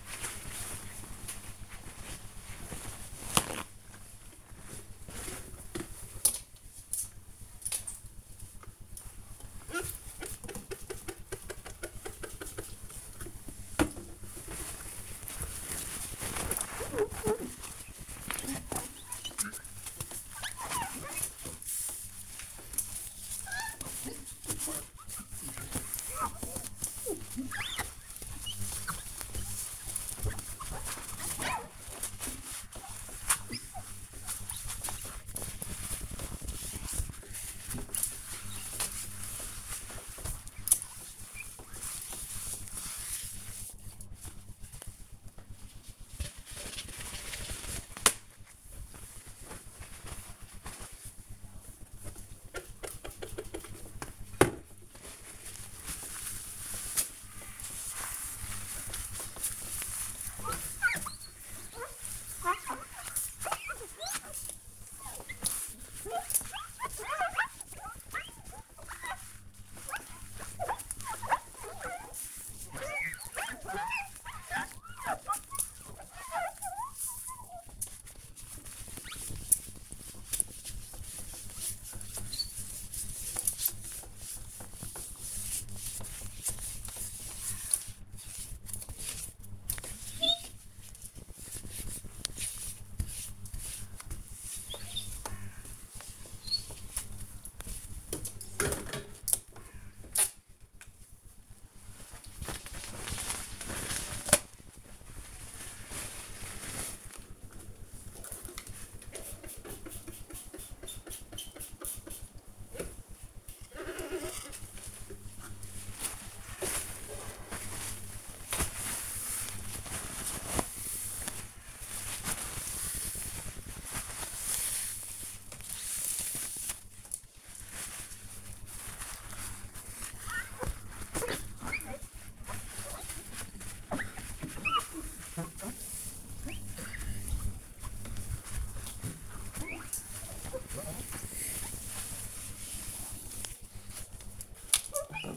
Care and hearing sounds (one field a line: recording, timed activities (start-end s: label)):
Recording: household activities, microphone on the right wrist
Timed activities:
0.00-145.37 s: window cleaning